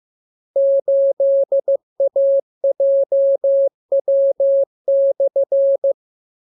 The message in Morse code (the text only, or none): 8AJW/